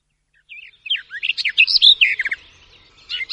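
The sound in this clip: Garden warbler giving a short, bubbling warbled phrase of quick varied notes, with a brief second burst at the end.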